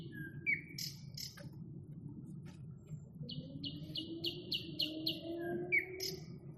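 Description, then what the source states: Nightingale song: slurred whistles and a quick run of repeated notes, with a low rising drone and background rumble underneath. Nightingale song recorded in May 2021.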